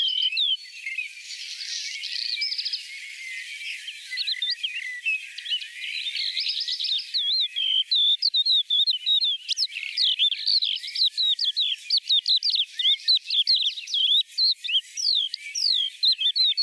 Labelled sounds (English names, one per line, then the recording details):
Crested Lark song
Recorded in the wild
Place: Breisach im Breisgau, Baden-Württemberg, DE
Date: 1986-05-25
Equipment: Uher Report Monitor
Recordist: Schwarz, Dieter